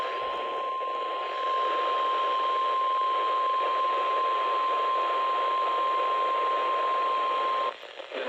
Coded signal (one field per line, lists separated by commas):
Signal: Emergency Alert System (SAME) tones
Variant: 1050 Hz attention tone